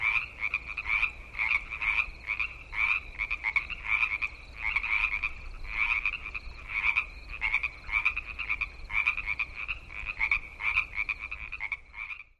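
Frog croaking in rapid rattling bursts, each a quick run of raspy pulses, repeated about every half second in a steady rhythm.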